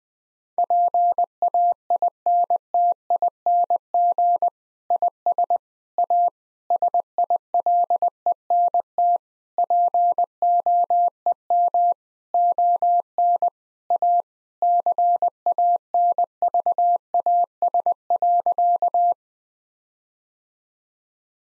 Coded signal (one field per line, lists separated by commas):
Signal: Morse code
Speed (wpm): 20 wpm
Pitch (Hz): 700 Hz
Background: none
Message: PAINTING IS A SILENT POEM ON A CANVAS.